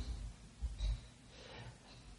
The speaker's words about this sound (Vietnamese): Và khi lạy xuống là mình thở nhẹ bằng miệng. Mà mỗi lần … thở ra vậy, … nghĩ gì biết không? Buông bỏ.